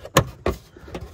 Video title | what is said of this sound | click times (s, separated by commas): 2004-2009 lexus rx . Fog lights changed to LED Yellow | and then turn it clockwise like a quarter turn locks in place | 0.2 s, 0.5 s